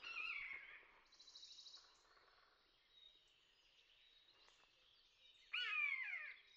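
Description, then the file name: Common buzzard with one strong descending, mewing scream late; before it, small birds trill and chirp softly at high pitch. "egereszolyv hangja"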